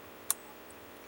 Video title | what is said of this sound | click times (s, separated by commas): DeAgostini Iron Man Mark 3 - Intro Issue 1 | it locks in place just like that | 0.3 s